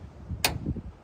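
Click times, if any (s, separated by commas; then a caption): 0.4 s. After a chain change on a firewood processor, the saw bar chain tensioning jig is pulled down and its metal detent button pops back out with one sharp, bright pop at 0.5 s over a low background rumble. The detent is released from the jig.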